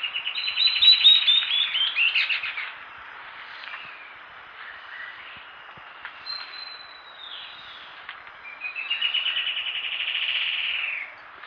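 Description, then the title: Bird song: rapid trilled and warbled phrases, then a long whistled glide and a sustained buzzy trill near the end. "LuckyPassaro Completos2Sama"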